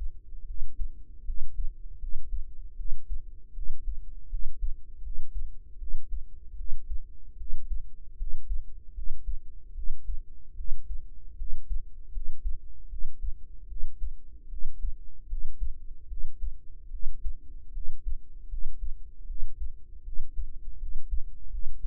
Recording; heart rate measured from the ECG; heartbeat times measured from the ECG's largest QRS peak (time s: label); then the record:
heart sounds by microphone in the right ear; 77 bpm
0.45 s: heartbeat
1.24 s: heartbeat
1.98 s: heartbeat
2.75 s: heartbeat
3.52 s: heartbeat
4.28 s: heartbeat
5.01 s: heartbeat
5.77 s: heartbeat
6.55 s: heartbeat
7.36 s: heartbeat
8.16 s: heartbeat
8.93 s: heartbeat
9.73 s: heartbeat
10.55 s: heartbeat
11.36 s: heartbeat
12.11 s: heartbeat
12.87 s: heartbeat
13.66 s: heartbeat
14.48 s: heartbeat
15.27 s: heartbeat
16.07 s: heartbeat
16.89 s: heartbeat
17.71 s: heartbeat
18.47 s: heartbeat
19.25 s: heartbeat
20.02 s: heartbeat
20.77 s: heartbeat
21.49 s: heartbeat
From the record:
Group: healthy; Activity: cold pressor test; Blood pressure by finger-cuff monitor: 91/60 mmHg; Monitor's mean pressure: 73 mmHg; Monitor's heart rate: 77 bpm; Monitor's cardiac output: 6.7 L/min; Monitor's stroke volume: 88 mL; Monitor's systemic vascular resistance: 780 dyn s/cm5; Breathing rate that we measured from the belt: 19 breaths a minute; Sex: female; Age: 19 years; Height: 163 cm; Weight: 48.9 kg